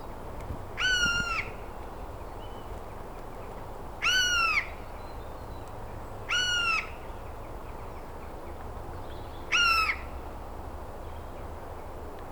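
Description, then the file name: Eurasian jay giving harsh, rasping screeches, four calls a few seconds apart over a steady low background hiss. "Garrulus glandarius"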